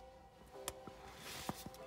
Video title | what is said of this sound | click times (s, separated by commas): Essex Rotary Quick Vid 34 - Installing Black Halo Racing RX8 Coil Upgrade | you pushing them on you hear a small click once I go home okay | 0.7 s